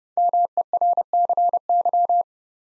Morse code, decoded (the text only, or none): MERCY